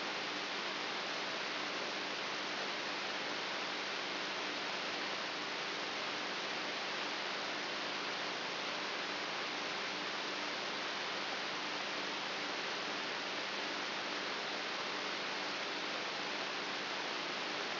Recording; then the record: brain microelectrode recording played as sound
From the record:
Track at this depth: inside the subthalamic nucleus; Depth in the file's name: 4.44 mm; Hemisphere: right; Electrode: 3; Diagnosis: Parkinson's disease